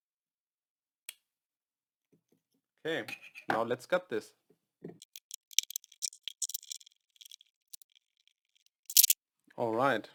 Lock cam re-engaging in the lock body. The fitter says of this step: re-lock it and you should hear a click okay